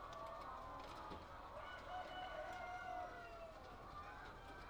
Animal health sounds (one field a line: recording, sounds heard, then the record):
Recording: poultry house recording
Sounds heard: healthy chickens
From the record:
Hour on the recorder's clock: 8